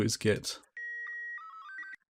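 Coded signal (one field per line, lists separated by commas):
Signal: SSTV (slow-scan television)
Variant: Robot 36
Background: speech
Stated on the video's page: SSTV easter egg signals from the game Portal 2.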